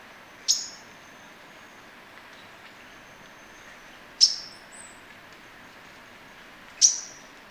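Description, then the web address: Pacific tuftedcheek giving three sharp, piercing high notes spaced a few seconds apart over a soft hissing background. Ecuador. "Birds of Ecuador. Pacific Tuftedcheek"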